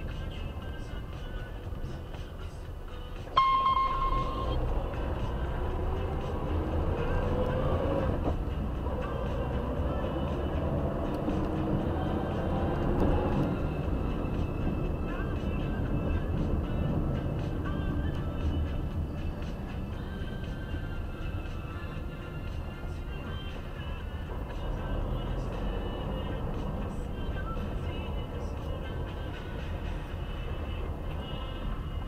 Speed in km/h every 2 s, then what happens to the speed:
12, 6, 6, 7, 19, 26, 31, 35, 34, 27, 16, 11, 5, 9, 12, 15.
0-2 slows to 6. 6-14 speeds up to 35. 17-23 brakes to 5.